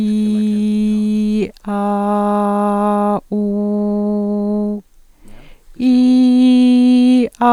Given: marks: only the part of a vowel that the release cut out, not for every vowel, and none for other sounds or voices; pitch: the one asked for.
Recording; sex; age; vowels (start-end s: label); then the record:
sustained vowels; female; 50 to 59 years
0.00-1.35 s: vowel /i/, normal pitch
1.85-2.84 s: vowel /a/, normal pitch
3.38-4.21 s: vowel /u/, normal pitch
5.89-7.05 s: vowel /i/, high pitch
From the record:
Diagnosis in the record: dysphonia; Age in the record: 56 years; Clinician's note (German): Funktionelle Dsyphonie